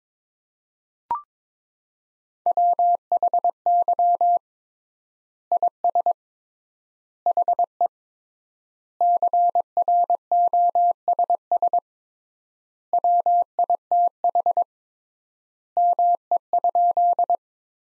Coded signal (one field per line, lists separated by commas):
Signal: Morse code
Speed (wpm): 21 wpm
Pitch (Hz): 700 Hz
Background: none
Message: WHY IS HE CROSS WITH ME?